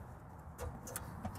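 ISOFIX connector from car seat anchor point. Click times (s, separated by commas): 0.9 s, 1.0 s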